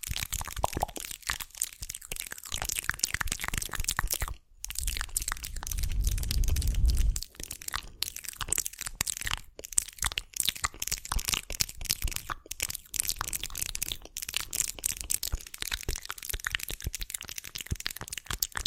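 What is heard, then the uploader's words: Mouth sounds: a dense, continuous run of wet clicks, smacks and crackles, bright and irregular, broken by brief silent gaps near 4.5, 7, 9.5 and 12.5 seconds. Around 5 to 7 seconds a low rumbling thump swells beneath the clicking. TINGLY MOUTH SOUNDS.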